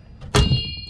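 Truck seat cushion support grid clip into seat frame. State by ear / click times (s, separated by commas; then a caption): seated / 0.4 s. A long Phillips screwdriver is used as a lever to pull a seat cushion support grid wire clip down and hook it onto the seat frame of a 1999–2006 Silverado, Sierra, Tahoe or Yukon truck seat. After low background noise, a sharp metallic pop lands at 0.4 s, followed by a short ringing tone. The clip seats into place.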